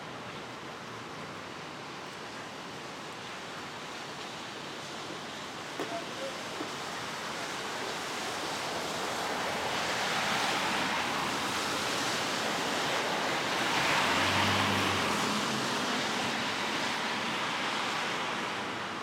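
A rainy Brooklyn street with light traffic: a steady hiss of rain fills the whole clip. Around ten seconds a passing vehicle swells the wash, and near fourteen seconds another car brings a low rumble and brighter tire spray before it fades.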